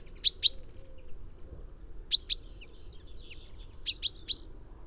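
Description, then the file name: Common chaffinch giving crisp, high pink-like notes, two at a time, then a pause, then a quick run of three. "Fringilla coelebs"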